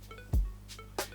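A plastic tab on a NEEWER CB60W softbox is pushed into the softbox frame or speed ring during assembly. It snaps into place with a sharp click at 0.99 s, after a low thump around 0.34 s. The tab is seated, though the fit is a little tight and takes some strength.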